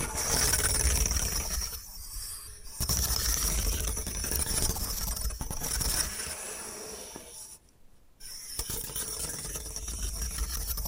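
Dense, hissy scratching and brushing on bamboo with a low rumble beneath, dropping out briefly near two and eight seconds before resuming.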